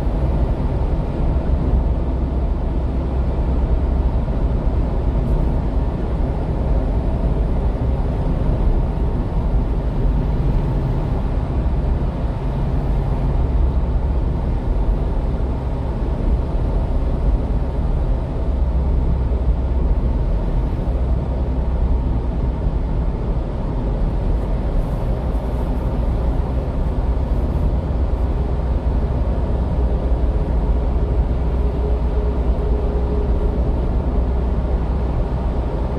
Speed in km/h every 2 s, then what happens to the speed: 81, 79, 80, 81, 82, 83, 82, 82, 81, 79, 77, 75, 76, 78, 79, 80, 78, 79.
0-10 steady at about 81. 10-21 slows to 75. 21-36 steady at about 78.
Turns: none.